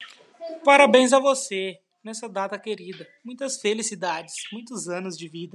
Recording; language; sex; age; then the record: short text; Brazilian Portuguese; female; 40 to 49 years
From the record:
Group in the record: control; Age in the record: 41 years